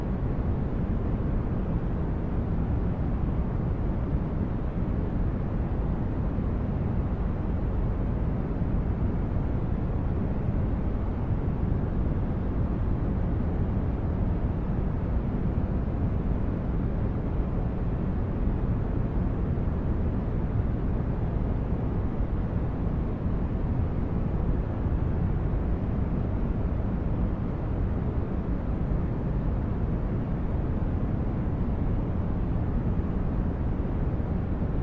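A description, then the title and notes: Steady white noise holds at one level for the whole 35 seconds, with no breaks or events. It is weighted toward a deep, dense rumble, much like an engine or cabin drone, and thins out toward the top with only a soft hiss above. White Noise.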